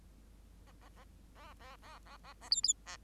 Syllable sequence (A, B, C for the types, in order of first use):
A A A A A A A A A B B A